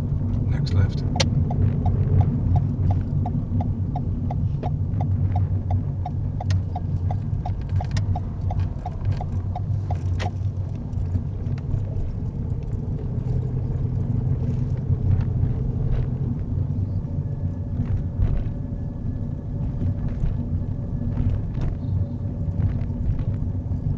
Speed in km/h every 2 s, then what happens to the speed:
24, 21, 16, 13, 13, 18, 19, 21, 21, 23, 21, 19.
0-6 slows to 13. 6-17 speeds up to 23. 17-24 steady at about 21.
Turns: 4-8.